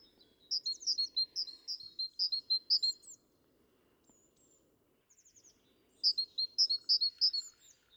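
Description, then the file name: Great tit repeating sharp high notes in two quick runs with a quiet gap between, some fainter high notes, and a low steady hum beneath. "Parus major"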